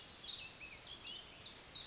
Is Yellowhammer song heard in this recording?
no